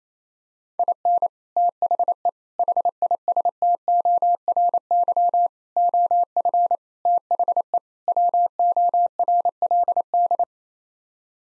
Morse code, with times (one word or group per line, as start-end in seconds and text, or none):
0.8-1.3 IN
1.6-2.3 THE
2.6-5.5 HISTORY
5.8-6.8 OF
7.1-7.8 THE
8.1-10.4 WORLD